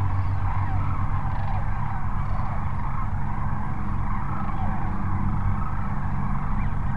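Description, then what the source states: Sandhill cranes calling as a crowd, overlapping trumpeting rattles throughout, accompanied by a loud steady low-frequency rumble. Sandhill cranes at Cochise Lakes on 30 January 2019.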